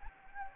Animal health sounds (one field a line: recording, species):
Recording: mosquito wingbeat signal from an infrared sensor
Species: Anopheles gambiae